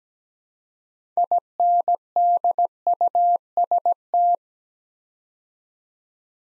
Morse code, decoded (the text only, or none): INDUST